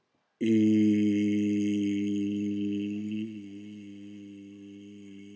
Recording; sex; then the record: sustained vowel /i/; male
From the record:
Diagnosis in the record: healthy control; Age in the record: 68 years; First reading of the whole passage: 59 s, 8.7 characters per second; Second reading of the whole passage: 51 s, 9.9 characters per second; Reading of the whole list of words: 42 s, 6.7 characters per second